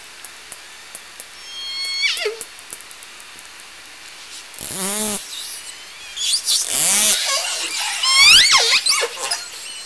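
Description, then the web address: Killer whale calls, stacked harmonic sweeps that rise and fall, growing louder and overlapping toward the end, with faint clicking early on. Southern Resident killer whale calls. "Orca Calls Alwin"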